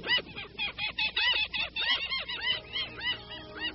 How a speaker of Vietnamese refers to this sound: Bỗng một đàn hải âu từ hướng trái bay đến, chúng chao đảo lượn vòng với những tiếng kêu quen thuộc. Không biết có con chim tị nạn hay không, tôi nhìn lên thấy con nào cũng giống như con nào.